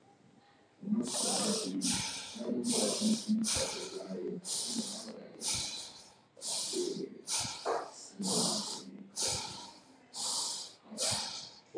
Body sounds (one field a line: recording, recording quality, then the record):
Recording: shallow breathing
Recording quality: excellent, no background noise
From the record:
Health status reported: healthy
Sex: female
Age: 43 years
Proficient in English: yes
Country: India